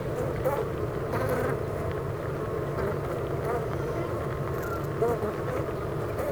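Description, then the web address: Honey bee hive hum, an even droning buzz throughout, with a couple of faint knocks. Honey bee hive at Clara Vale, Gateshead, UK. "impossible-music Honey Bee Hive-Clara Vale,Gateshead,UK"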